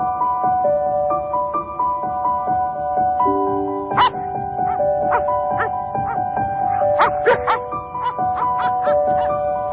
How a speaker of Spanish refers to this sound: Y ahora os vamos a explicar por qué escuchamos el ladrido de un perro en Historias de la Historia con Javier Sanz.